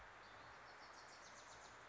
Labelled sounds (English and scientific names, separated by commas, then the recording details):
Wilson's Warbler (Cardellina pusilla)
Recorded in Sonoma County, California